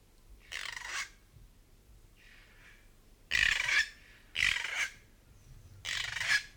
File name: north island kaka